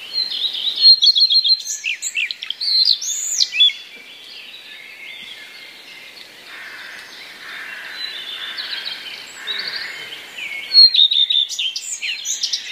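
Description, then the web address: Common redstart song with mimicry: sharp chirps and whistles at first, a quieter twittering stretch, then a renewed burst of varied notes. Song containing mimicry borrowed from other passerine birds. "wroblowe zapozyczenia pleszka"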